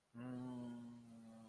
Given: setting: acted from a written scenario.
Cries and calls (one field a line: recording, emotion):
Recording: vocal sound without words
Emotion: confusion